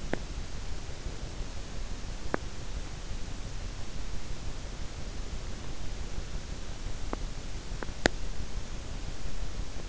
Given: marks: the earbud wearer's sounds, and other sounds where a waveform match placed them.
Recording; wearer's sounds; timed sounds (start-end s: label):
sounds in sleep by an in-ear microphone; teeth grinding
0.00-0.36 s: teeth grinding
2.22-2.41 s: teeth grinding
7.03-7.27 s: teeth grinding
7.78-8.15 s: teeth grinding